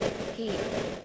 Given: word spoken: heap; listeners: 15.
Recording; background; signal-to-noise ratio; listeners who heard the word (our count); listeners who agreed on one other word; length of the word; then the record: one English word in noise, from a listening test; noise modulated by three-talker babble; -5.5 dB; 3 of 15; 9 of 15; 0.65 s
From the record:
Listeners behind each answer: 9, 3, 2, 1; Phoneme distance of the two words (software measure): 10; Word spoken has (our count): 1 syllable, 3 phonemes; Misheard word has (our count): 1 syllable, 3 phonemes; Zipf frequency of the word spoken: 3.69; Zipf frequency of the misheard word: 4.76